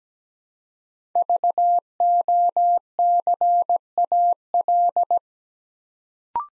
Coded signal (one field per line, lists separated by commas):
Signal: Morse code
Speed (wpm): 17 wpm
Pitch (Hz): 700 Hz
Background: none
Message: VOCAL